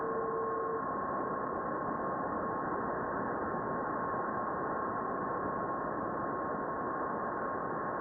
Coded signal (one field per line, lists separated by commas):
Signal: PSK31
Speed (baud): 31.25 baud